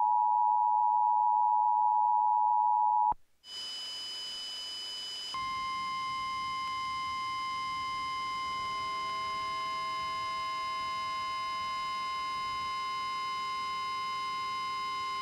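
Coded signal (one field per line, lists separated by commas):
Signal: Emergency Alert System (SAME) tones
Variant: 853 and 960 Hz attention tone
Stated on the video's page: Simulated EAS scenario for a thunderstorm, with a siren pack.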